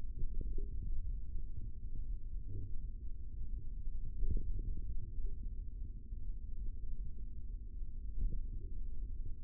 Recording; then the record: forearm muscle sounds (acoustic myography)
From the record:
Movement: finger pinch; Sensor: system 3, bracelet of six PUI Audio POM-2738L microphones around the upper forearm, with dedicated amplification and filtering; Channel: 5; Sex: male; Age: 25 years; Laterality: right